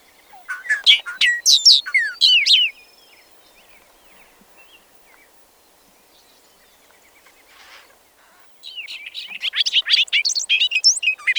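Bobolink song: a bubbling, tinkling burst of jumbled metallic notes, then about six seconds of near quiet, then another rapid, dense bubbling phrase.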